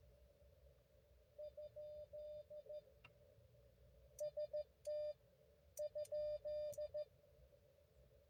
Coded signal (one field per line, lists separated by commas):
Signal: Morse code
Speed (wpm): 14 wpm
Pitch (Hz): 590 Hz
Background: none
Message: ? ST ?